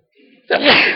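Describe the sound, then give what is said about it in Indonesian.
A single loud sneeze, preceded by a soft, breathy inhale, then bursting into a sharp, noisy explosive blast that stays strong until the end. “Ihdikumullah uslih ba'alakum.”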